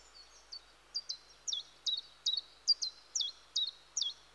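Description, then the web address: Common chiffchaff song, high chipping notes alternating slightly in pitch, delivered in an even, rhythmic chiff-chaff sequence throughout. "The BBC Sound Effects Library. Chiffchaff"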